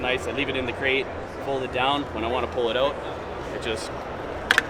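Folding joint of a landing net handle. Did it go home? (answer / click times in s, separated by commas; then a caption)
yes / 4.5 s, 4.6 s. Someone talks as a Yak Attack Leverage landing net with a rubber basket, kept folded down in a kayak crate, is pulled out and unfolded. The folding joint of the handle locks into its open position with a quick double click at 4.5 and 4.6 seconds, seating firmly.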